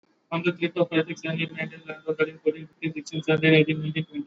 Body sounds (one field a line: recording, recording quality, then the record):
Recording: counting at a fast pace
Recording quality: moderate, slight background noise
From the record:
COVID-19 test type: RT-PCR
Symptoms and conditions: cough, cold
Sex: male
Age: 20 years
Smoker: no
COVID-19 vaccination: both doses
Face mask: worn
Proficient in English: yes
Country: India